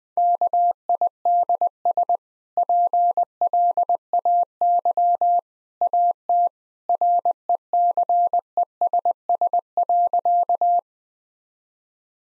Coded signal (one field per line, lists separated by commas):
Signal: Morse code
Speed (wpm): 20 wpm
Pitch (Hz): 700 Hz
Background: none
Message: KIDS PLAY AT RECESS.